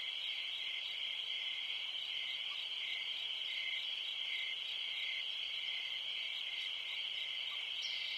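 Crickets trilling continuously at a high pitch, with a second, slightly lower trill pulsing underneath.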